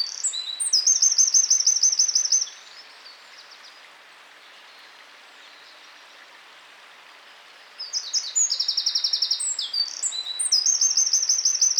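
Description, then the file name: Eurasian wren singing two bursts of high, fast, machine-gun trills and sharp notes, separated by about five seconds of quiet background hiss. "Troglodytes troglodytes"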